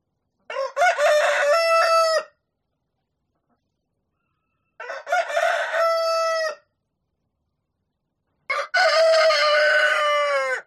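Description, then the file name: Rooster crowing, three long harmonic cock-a-doodle-doo calls spaced about four seconds apart, each ending in a drawn-out steady note, with silence between. "audio hero Bird Rooster"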